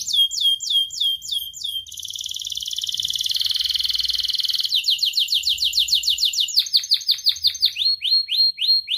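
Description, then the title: Atlantic canary song: short repeated downslurred notes, then a long rich buzzy trill, followed by fast chip series and rising whistled notes. Prolific, vigorously singing ('gacor') canary; praised for its best 'cengkok' phrasing and most luxurious 'isian' song fill, within Indonesian songbird-keeping hobby. "Kenari Gacor Cengkok Terbaik Isian Paling Mewah Kenarigacor Kicaumania Kenari"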